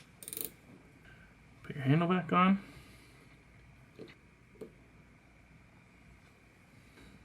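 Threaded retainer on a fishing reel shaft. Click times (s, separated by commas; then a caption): 0.2 s, 0.3 s, 0.5 s. A threaded retainer on the shaft of an Abu Garcia Revo SX Gen 4 baitcaster fishing reel is tightened down by hand until its clicker engages. A quick run of ratchet-like clicks comes at 0.2, 0.3, 0.3 and 0.5 seconds, showing the part is seated. Someone then talks, followed by a few faint taps.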